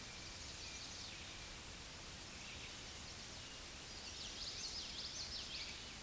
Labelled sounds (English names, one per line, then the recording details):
Common Yellowthroat song
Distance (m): 60 m
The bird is about 10 m above the microphone
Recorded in a Pennsylvania forest on 16 May 2024 at 07:33
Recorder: AudioMoth, point MSD-1307
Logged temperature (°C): 16.6 °C
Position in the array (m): 229 m, 182 m